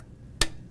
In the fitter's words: There. You want to hear that click. It's there.